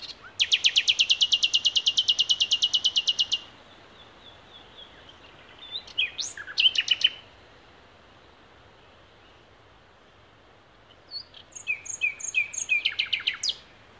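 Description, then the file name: Common nightingale song: a loud, very rapid rattling trill of repeated notes for about three seconds, then separate varied phrases with pauses between. "Luscinia megarhynchos"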